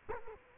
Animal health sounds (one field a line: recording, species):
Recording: mosquito wingbeat signal from an infrared sensor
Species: Culex quinquefasciatus